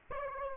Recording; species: mosquito wingbeat signal from an infrared sensor; Aedes aegypti